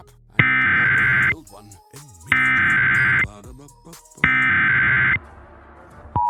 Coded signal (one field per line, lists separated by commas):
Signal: Emergency Alert System (SAME) tones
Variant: header bursts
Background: speech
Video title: (EAS MOCK) Portland, IN Derailment of 2022